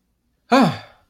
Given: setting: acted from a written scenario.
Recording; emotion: vocal sound without words; negative surprise